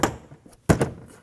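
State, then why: Not seated. A door trim panel on a 2003–2014 Volvo XC90 is lined up against the door and bumped by hand so its plastic retaining clips will snap into the door. A sharp thump comes at 0.0 s, followed by a louder pair of thuds around 0.7 and 0.8 s. The panel has not seated yet, and none of the clips has clicked home.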